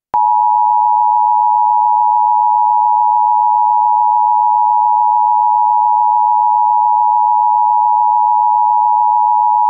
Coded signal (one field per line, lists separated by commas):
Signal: Emergency Alert System (SAME) tones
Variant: 853 and 960 Hz attention tone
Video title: Doctor Who - Steven Universe Crossover Episodes - EAS Broadcast (Civil Danger Warning #13)